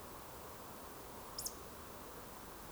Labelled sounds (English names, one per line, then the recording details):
Eurasian Woodcock whistle
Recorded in Baden-Württemberg, Germany, on 12 June 2020 at 20:23 UTC
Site 43791, 788 m above sea level